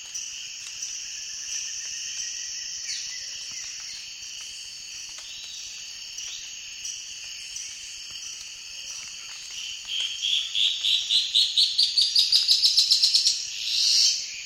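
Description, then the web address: Dusky-throated antshrike song: clipped notes that accelerate and rise in pitch, ending in a harsh burst, with a steady background chorus of insects. Recorded in the eastern lowlands of South America. "Nature Songs S America Eastern Lowlands. Dusky-throated Antshrike"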